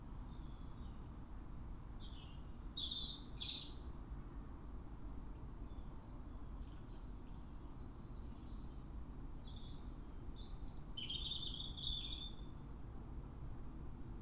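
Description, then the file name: European robin giving high, thin notes, a louder burst early and another late with fainter notes between, over constant low rumbling noise. "Erithacus rubecula"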